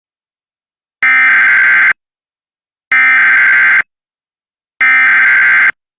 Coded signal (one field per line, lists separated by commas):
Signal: Emergency Alert System (SAME) tones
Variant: header bursts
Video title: McHenry Illinois Civil Danger Warning EAS Comcast (No Alert Audio)